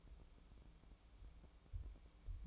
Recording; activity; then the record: daily activity, microphone in the room; light on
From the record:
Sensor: 1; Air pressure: 1007.9 hPa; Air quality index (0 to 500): 115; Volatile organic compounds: 2 ppm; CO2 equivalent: 976 ppm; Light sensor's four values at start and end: 12/28/11/13 and 16/46/18/20